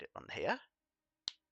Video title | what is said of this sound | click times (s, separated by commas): Pour Pens and Panel Lining Gundam Build and Chill #2 | Oh, good click. Satisfying click. | 1.3 s